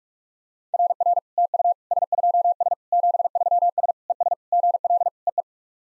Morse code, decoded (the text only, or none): RR TU S2S 73S ES GL EE